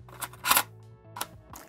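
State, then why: Seated. A bare 2.5-inch SSD fitted in a CNC aluminium guide enclosure is slid into the drive slot of a field video recorder, with music playing underneath. A few light scrapes lead up to a loud, sharp click at 0.5 s as the drive locks into place and seats, followed by further brief clacks around 1.2 s and 1.6 s.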